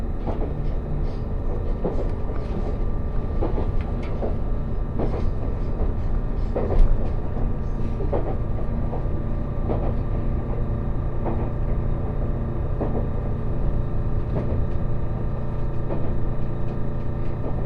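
Aboard the Resort Shirakami No. 4 on the Gono Line, a steady low train rumble runs throughout, with brief clanks every second or two.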